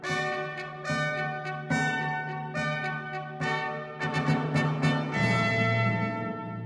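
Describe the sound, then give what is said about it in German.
Church bells ring through the streets of Munich in a steady, overlapping peal, each loud clang striking about once a second and leaving a shimmering, sustained hum of tones beneath the next stroke. “Mai 1818 reitet der Reichsherold, begleitet von Glockengeläut und Kanonendonner, durch die Straßen der Haupt- und Residenzstadt München.”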